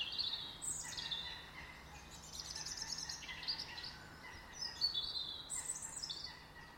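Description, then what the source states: Bird song: high whistled and chirped phrases, with a brief rapid rattling passage midway and more chirping at the end, over steady background noise. In a garden.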